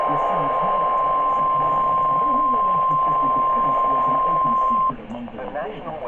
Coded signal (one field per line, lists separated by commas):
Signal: Emergency Alert System (SAME) tones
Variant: 1050 Hz attention tone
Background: speech